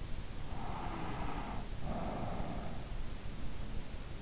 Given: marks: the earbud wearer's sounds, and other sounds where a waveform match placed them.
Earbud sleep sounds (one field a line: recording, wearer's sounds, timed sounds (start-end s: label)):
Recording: sounds in sleep by an in-ear microphone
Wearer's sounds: breath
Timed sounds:
0.49-3.23 s: breath